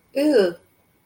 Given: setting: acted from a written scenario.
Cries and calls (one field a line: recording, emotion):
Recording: vocal sound without words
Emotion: negative surprise